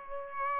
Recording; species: mosquito wingbeat signal from an infrared sensor; Aedes aegypti